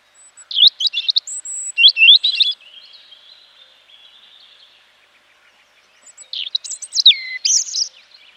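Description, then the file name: European robin song: bright, high warbling phrases with a thin sustained whistle, a pause, then twittering notes with a clear falling whistle. "Erithacus rubecula"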